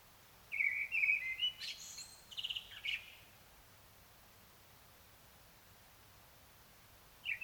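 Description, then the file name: Common blackbird song: a mellow warbled phrase followed by high scratchy twittering notes, over a steady hiss, then silence until a short note begins at the close. "Turdus merula"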